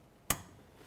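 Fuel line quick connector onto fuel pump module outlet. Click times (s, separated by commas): 0.3 s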